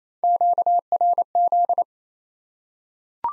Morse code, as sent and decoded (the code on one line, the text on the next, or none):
--.- .-. --..
QRZ